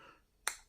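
A black column cap that protects the atomizer is pushed back onto the neck of a Dior Homme Sport fragrance bottle. After a quiet stretch, one sharp, bright snap rings out at 0.5 s and quickly fades. The cap clicks on and is seated.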